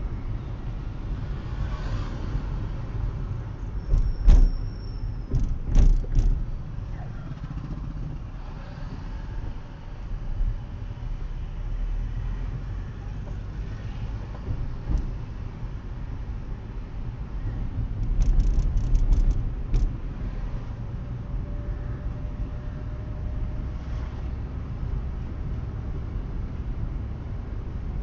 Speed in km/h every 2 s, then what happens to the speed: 27, 24, 15, 6, 8, 17, 21, 21, 21, 22, 24, 25, 26, 26.
0-6 brakes to 6. 8-12 speeds up to 21. 12-28 steady at about 22.